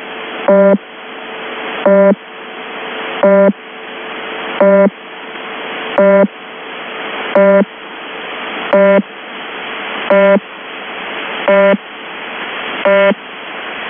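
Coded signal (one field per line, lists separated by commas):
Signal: channel marker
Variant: UVB-76 (The Buzzer)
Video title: 26 January 2022 04:40:39 UTC - UVB-76 (The Buzzer) is back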